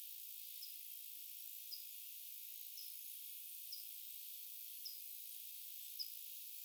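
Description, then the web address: High, thin pipit call notes repeated six times at nearly one-second intervals, fairly faint above a steady hiss. Recorded 25 July 2026; the recordist wonders whether it is the same pipit species as the one heard the day before. "paivat 25 7 2026 onko sama kirvislaji kuin mika oli eilen"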